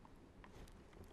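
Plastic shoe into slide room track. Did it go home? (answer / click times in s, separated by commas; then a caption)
no / none. A plastic shoe from the parts bag is pressed by hand into a new RV Schwintek slide room track, giving only a few faint, soft ticks over low background noise. Nothing has snapped into place yet.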